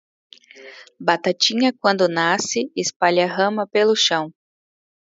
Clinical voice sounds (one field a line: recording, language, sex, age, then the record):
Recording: short text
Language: Brazilian Portuguese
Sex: female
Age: 30 to 39 years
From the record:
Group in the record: control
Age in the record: 34 years